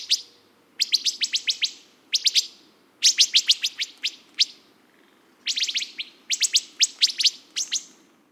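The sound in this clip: Wood thrush giving sharp, clicking pit notes in quick bursts of several, with short pauses between bursts over a low steady background hum.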